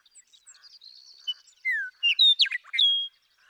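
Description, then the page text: Western meadowlark song: a downslurred whistle, then a rapid run of liquid, warbling notes ending in a clear sustained whistle. Male western meadowlark singing, very repetitive, repeating each song type several times before switching; Sierra Valley, eastern California, 2018. "Birdsong for the Curious Naturalist. The joy of western meadowlark songs. Want to explore these western meadowlarks some more? Come along with me to Sierra Valley in eastern California where, during 2018, I just couldn't get enough of them"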